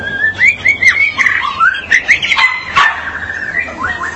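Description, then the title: Magpie-robin or shama song: a run of clear, rising and falling whistled phrases, some slurred, with a few sharp clicks, over a faint low hum. "BM Suara Burung Murai"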